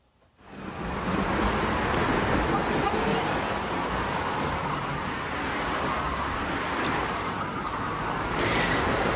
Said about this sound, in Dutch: Het geluid van je jeugd. Je zei een 80 kilometer weg tussen Deventer en Zutphen. Ja. En dan het voorbijrazende verkeer.